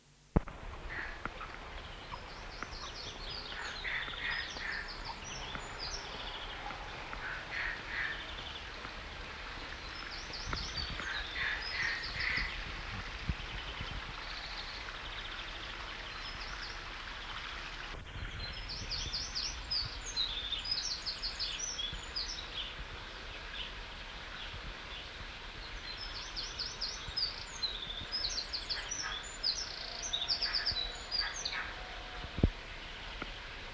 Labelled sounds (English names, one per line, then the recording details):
Eurasian Wren song
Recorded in the wild
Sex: diverse
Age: diverse
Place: Mallorca, ES
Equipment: Halbspur, 9,5 cm/s
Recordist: Lütgens, Hans